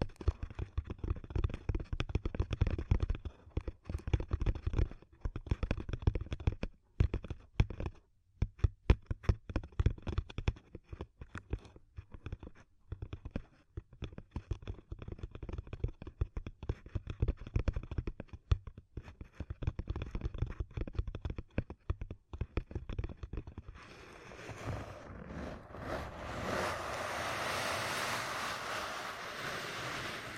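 Ear cupping sounds: quick, muffled taps and thumps come in dense irregular bursts with brief pauses, heavy in the low end. Around twenty-four seconds the tapping gives way to a steadier, brighter rustling and swishing that runs to the end.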